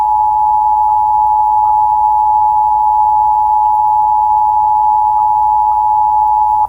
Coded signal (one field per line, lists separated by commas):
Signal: Emergency Alert System (SAME) tones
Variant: 853 and 960 Hz attention tone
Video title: (Old) Fires from Heaven (EAS Scenario)